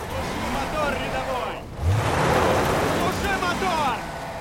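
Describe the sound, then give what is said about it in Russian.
A Hummer's wheels spin in a muddy rut, the engine roaring steadily under a wet, churning hiss that surges louder around the middle and then eases off. “Колеса Хаммера крутятся в грязной колее.”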